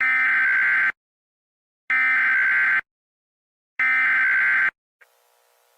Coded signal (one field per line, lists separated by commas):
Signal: Emergency Alert System (SAME) tones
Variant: header bursts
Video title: EAS Comedy: Mario’s Dead